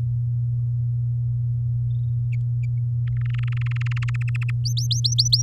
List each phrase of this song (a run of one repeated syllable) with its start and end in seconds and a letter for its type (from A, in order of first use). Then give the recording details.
3.07-4.10 A, 4.14-4.51 B, 4.65-5.42 C. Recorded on 10 May 2018 at 17:04. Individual llb16